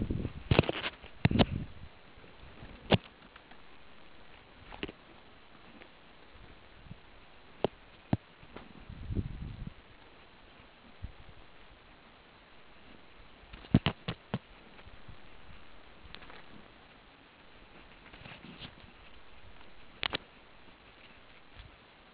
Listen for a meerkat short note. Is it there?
no